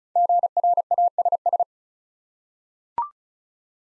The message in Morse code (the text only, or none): GRASS